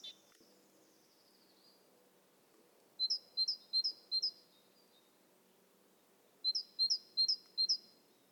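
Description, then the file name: Great tit song: two bursts of bright, high two-note phrases repeated four times each, about three and a half seconds apart, after a faint high whistle at the start. "Parus major"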